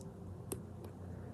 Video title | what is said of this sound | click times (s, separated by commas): Dünyanın en güzel jet ve günü kurtaran Avengers karakterlerine yapımına hazır olun ￼🥳🥳🥳🥳 | şuraya olacak şekilde tık diyecek | 0.5 s